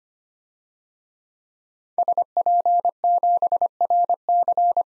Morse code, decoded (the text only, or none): SP7RC